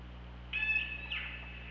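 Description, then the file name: Killer whale call: a brief flat harmonic tone followed by a downward-sweeping buzzy tail, with constant low electrical hum beneath. Recorded on the OrcaLab hydrophone, 24 August 2017, at 21:28. "Orca Lab UTLN JASON 20170824 212838 h 2 LL ORCALABDYNI"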